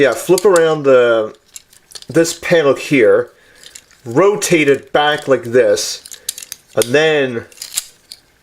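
Someone talks while transforming a plastic toy, flipping a panel around and rotating it back into the toy's body. At 7.8 seconds a sharp, brief snap is heard as the panel locks into place.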